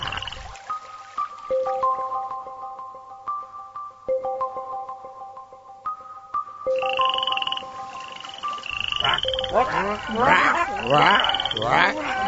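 Soft sustained musical tones give way to a loud, dense chorus of frogs croaking, with rapid overlapping chirps and trills filling the second half.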